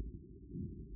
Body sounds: neck accelerometer signal played as sound; no cough (speech, laughter, throat clearing or background)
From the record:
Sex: female

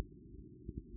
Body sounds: neck accelerometer signal played as sound; no cough (speech, laughter, throat clearing or background)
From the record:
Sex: male

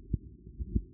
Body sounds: neck accelerometer signal played as sound; no cough (speech, laughter, throat clearing or background)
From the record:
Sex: female

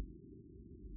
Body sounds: neck accelerometer signal played as sound; no cough (speech, laughter, throat clearing or background)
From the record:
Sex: female

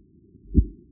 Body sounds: neck accelerometer signal played as sound; voluntary cough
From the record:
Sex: male

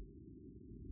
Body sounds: neck accelerometer signal played as sound; no cough (speech, laughter, throat clearing or background)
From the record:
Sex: male

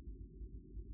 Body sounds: neck accelerometer signal played as sound; no cough (speech, laughter, throat clearing or background)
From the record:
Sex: male

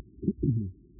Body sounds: neck accelerometer signal played as sound; voluntary cough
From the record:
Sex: male

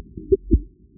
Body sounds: neck accelerometer signal played as sound; voluntary cough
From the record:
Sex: male

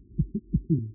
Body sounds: neck accelerometer signal played as sound; voluntary cough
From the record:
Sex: male

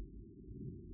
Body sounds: neck accelerometer signal played as sound; no cough (speech, laughter, throat clearing or background)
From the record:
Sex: female

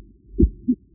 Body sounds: neck accelerometer signal played as sound; voluntary cough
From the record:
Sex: male

